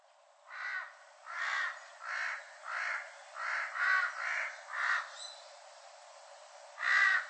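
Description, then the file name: Large-billed crow calling a rapid series of about eight hoarse caws, then a pause and one louder final caw, with faint background hiss. Recorded on Ishigaki Island; date given as 2012-04-23. "osahashibuto ishigaki moriya"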